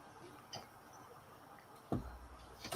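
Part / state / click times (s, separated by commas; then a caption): plastic body panel into the beading of a model double-decker bus / not seated / none. A plastic body panel is pushed along the beading of a model Routemaster double-decker bus, making faint rubbing and small ticking sounds. Brief handling knocks are heard at about 1.9 s and 2.7 s, but the panel has not clicked into place yet.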